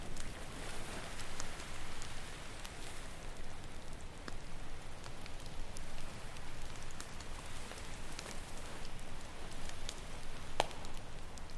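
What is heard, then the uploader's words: A campfire crackles steadily, its small pops and snaps scattered densely across the whole stretch, with one sharper snap near the end. Underneath runs an even, hissing wash with a low rumble, like surf, holding the same level throughout. Campfire Sounds on the Beach. Ocean waves.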